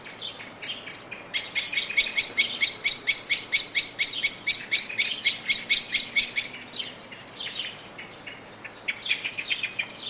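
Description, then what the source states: Blackbird chattering in alarm, a long even run of quick, hard clicking notes for about five seconds, then a short high whistle and another brief burst. Anxious calling.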